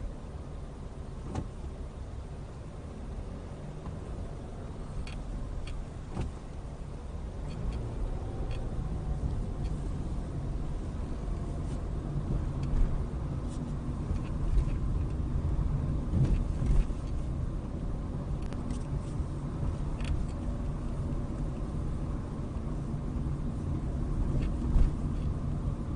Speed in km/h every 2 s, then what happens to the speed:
6, 8, 8, 8, 15, 19, 21, 21, 21, 21, 23, 24, 24.
0-6 steady at about 8. 6-11 speeds up to 21. 11-26 steady at about 21.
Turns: 3-9.